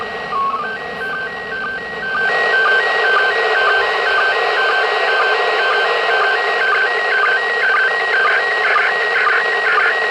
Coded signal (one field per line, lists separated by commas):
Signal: SSTV (slow-scan television)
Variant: PD 120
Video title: International സ്പേസ് സ്റ്റേഷനിൽ നിന്നുള്ള SSTV ചിത്രങ്ങൾ ലഭിക്കുന്നതെങ്ങനെ, നിങ്ങൾക്കും പരീക്ഷിക്കാം